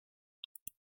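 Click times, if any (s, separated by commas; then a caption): 0.4 s, 0.6 s, 0.7 s. A screwdriver loosens a captive screw in the bottom cover of a Dell G3 17 Gaming laptop (P35E003) until it clicks loose, releasing the cover. Three short, sharp clicks sound at 0.4, 0.6 and 0.7 seconds, the last with a dull low thump under it. The screw has released the cover.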